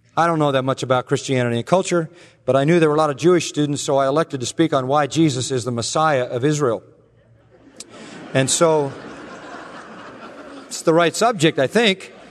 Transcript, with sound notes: I don't know that much about Christianity and culture, but I knew there were a lot of Jewish students, so I elected to speak on why Jesus is the Messiah of Israel. (Laughter) And so-- It's the right subject, I think.